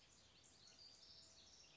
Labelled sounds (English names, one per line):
House Wren